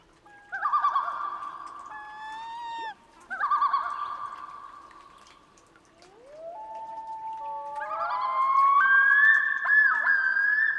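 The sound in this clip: Loon giving two loud quavering tremolo phrases, then a long wail rising in steps into a wavering yodel.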